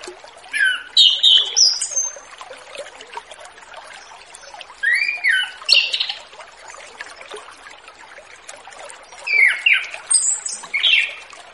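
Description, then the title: Orange-headed thrush delivering three short bursts of whistled and twittering notes, separated by long quiet gaps. Relaxed 'ngeplong' song style, used as a lure for wild speckled orange-headed thrushes. "Anis Kembang Ngeplong Santai , Untuk Pancingan Anis Kembang Lepas Trotol"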